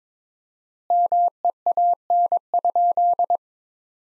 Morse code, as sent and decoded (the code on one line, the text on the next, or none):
-- . .- -. ..--..
MEAN?